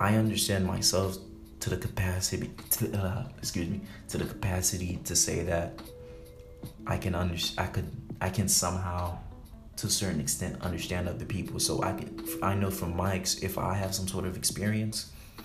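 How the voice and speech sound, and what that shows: A low-pitched voice of a 21-year-old man who stutters repeats the phrase "to the capacity," restarts "I can… I could… I can somehow," and stretches some sounds, with brief pauses. These repetitions and restarts fit stuttering, a disorder that breaks the flow of speech.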